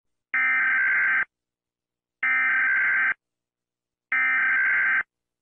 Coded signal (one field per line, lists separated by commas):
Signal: Emergency Alert System (SAME) tones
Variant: header bursts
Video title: Mr incredible becoming uncanny you hear this eas alarm